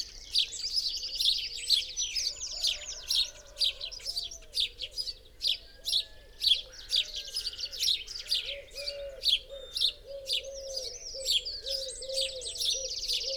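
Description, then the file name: House sparrow chirping, a dense, continuous run of sharp chirps repeated roughly twice a second, over a steady low hum. "Passer domesticus"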